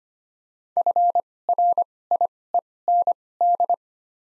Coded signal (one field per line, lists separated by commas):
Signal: Morse code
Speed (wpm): 25 wpm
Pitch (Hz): 700 Hz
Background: none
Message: FRIEND